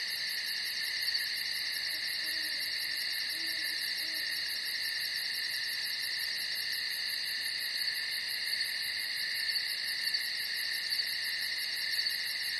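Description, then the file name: Cricket producing an unbroken high, ringing trill with quick regular pulsing, with faint soft low notes early on. "Strekotanie sverchka"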